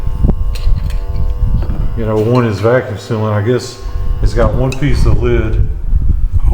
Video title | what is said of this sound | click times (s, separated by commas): Keeping Chickens Warm in Montana Winter + Jarring For Beginners | It went to 62 and stopped, and I heard clunk, and it is down. | 0.3 s